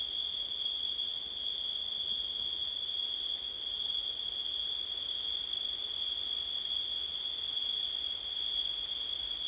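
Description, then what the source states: Cricket holding one unbroken, even high buzz throughout, with faint steady hiss beneath. September night, with wind.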